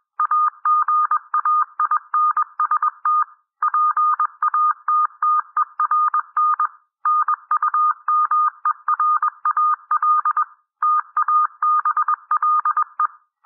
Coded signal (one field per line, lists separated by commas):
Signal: Morse code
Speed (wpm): 21 wpm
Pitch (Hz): 1220 Hz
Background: none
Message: AGAINST PATTERN NUMERAL TABLE